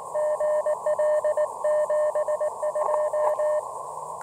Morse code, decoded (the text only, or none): GL 72